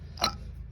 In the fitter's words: pop into place.